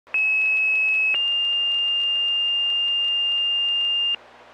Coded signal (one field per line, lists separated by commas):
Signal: two-tone page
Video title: Carroll County Ohio FD's Pager Testing VHF Low Band 33.94 mHz